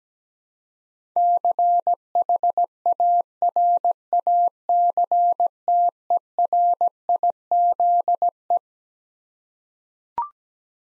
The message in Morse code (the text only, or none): CHARACTERIZE